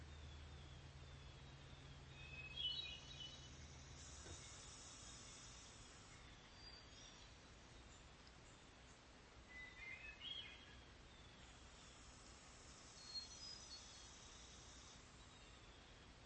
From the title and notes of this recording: I’m out on the porch. After a rainy night, the fog over the pond is lifting and a hermit thrush is singing its heart out.